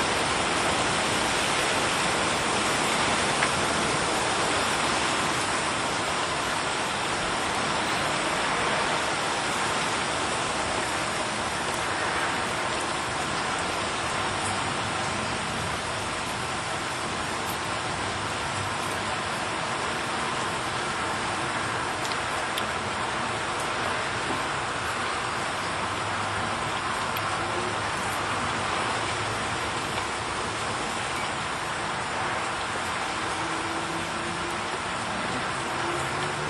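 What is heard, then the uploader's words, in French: Steady rain falls over a small village, a dense, even hiss that stays at nearly the same level for the whole stretch. The sound is full and bright, with a soft low rumble underneath, like passing traffic, and no distinct events stand out. Pluie apaisante en Mayenne. Un son réel de pluie en Mayenne dans un petit village.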